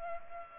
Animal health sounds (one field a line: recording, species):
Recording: mosquito wingbeat signal from an infrared sensor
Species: Culex pipiens